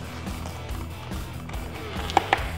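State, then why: Seated. A cleaned cheek pad is pressed back into the shell of a Sena Impulse motorcycle helmet, its plastic snap fasteners (three on each pad, the front one at the very front edge) popping home. Over a steady low background rumble with faint handling noise, two sharp snap clicks land at 2.2 s and 2.3 s, and the pad is seated.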